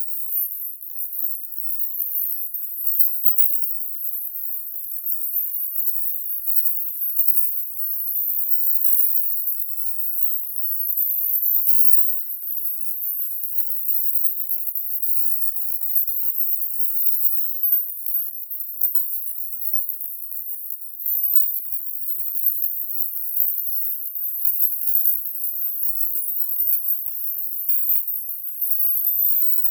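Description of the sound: A faint, steady, very high-pitched shimmering hiss runs for about 30 seconds, with no low sounds at all. This is a synthetic 14 kHz tinnitus masking sound, a distractor meant to draw attention away from ringing in the ears.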